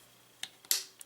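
A folding section of a plastic transforming robot toy, the Transformers Titans Return Voyager Alpha Trion, is pushed down into its internal locking mechanism. A few faint clicks lead up to one sharp, bright click at 0.7 s as it locks into place, followed by a couple of smaller ticks. The section is confirmed seated and locked.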